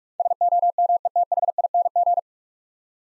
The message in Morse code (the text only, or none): SOMETHING